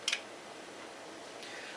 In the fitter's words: the mic and the headset that just snaps right into the side well